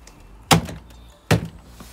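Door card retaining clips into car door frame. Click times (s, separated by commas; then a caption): 0.5 s, 1.3 s. A door card trim panel is pushed onto a BMW 3 Series (E9x/E90/E91/E92) car door, and its plastic retaining clips snap into the metal door frame. Two loud, sharp thunks land at 0.5 s and 1.3 s over a low background hum, with fainter knocks around them. The clips are seated.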